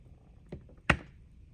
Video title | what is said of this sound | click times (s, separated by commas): New Coke mini Refrigerator - go over 3 level switch & get your soda cans without coins insert. | It's really not a click, it's more like inserted. You can hear the rubber go into it, go pop. | 0.9 s